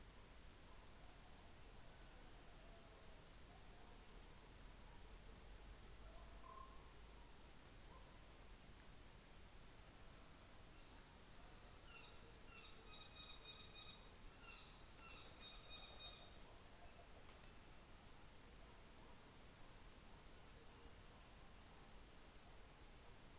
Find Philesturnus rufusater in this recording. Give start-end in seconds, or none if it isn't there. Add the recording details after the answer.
10.46-16.85. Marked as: faintness 3/5. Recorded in New Zealand on 24 December 2018. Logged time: 17:45